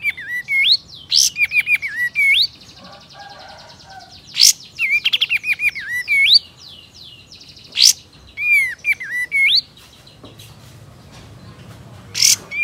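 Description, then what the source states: Sooty-headed Bulbul singing whistled phrases that rise and fall, with loud harsh bursts in between. Male.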